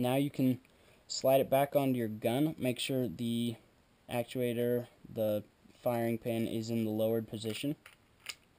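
Someone talks while handling the reassembled slide of a KWA Glock 19 airsoft pistol, about to slide it back onto the pistol frame with the actuator (firing pin) in the lowered position. The slide has not yet locked onto the frame, and nothing has seated or clicked.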